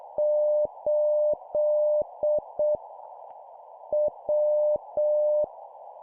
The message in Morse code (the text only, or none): 8 W